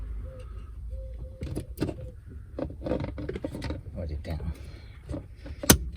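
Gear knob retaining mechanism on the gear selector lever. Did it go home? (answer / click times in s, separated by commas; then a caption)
released / 5.7 s. On a VW DSG gear selector lever, the retaining mechanism inside the gear stick is pushed upwards until it clicks at 5.7 s, releasing the gear knob so it can be pulled off the lever. Before that, someone talks over soft handling noises and small taps. The click is the sharpest, loudest sound in the clip.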